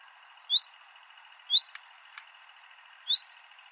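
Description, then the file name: Common nightingale uttering three brief upslurred whistles, with a couple of soft ticks between them against a constant background hiss. "Luscinia megarhynchos"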